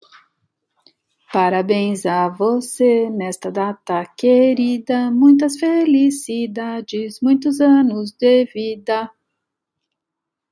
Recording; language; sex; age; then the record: short text; Brazilian Portuguese; female; 60 to 69 years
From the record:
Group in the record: control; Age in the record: 62 years